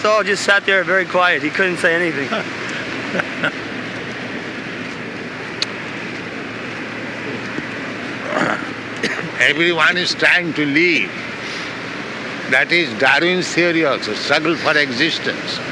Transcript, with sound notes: Stahl just sat there very quiet. He couldn't say anything.
[chuckles] Everyone is trying to live. That is Darwin's theory also, "struggle for existence."